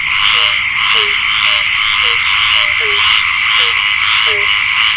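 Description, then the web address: Frog calls, short down-slurred notes repeated irregularly over a dense, high-pitched chorus. "childsplay. frogs"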